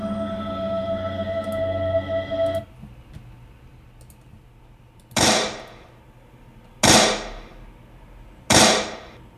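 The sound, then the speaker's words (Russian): A steady tonal hum plays, then cuts out; after a pause, three loud pistol shots ring out, evenly spaced about two seconds apart, each a sharp crack trailing off into a short echo. “Грянули три выстрела, и фальшивый завхоз повалился на пол.”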